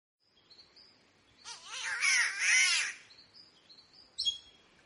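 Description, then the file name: Green catbird's hoarse, cat-like wail swells twice in one phrase, with light whistles before it and a sharp high chip afterwards. "canto do passaro gato verde"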